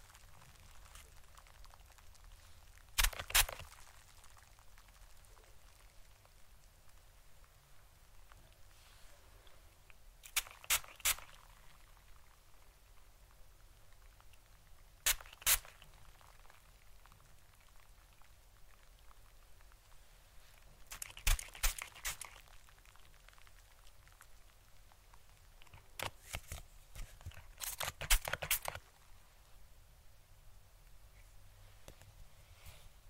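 Fluffy mic triggers: sharp brushing bursts near 3, 11, 15, 21 and 26–28 seconds over a quiet, faintly crackling hush.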